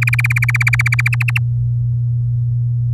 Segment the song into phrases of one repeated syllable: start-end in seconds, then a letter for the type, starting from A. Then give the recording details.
0.01-1.08 A, 1.12-1.39 B. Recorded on 8 May 2018 at 14:29. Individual llb16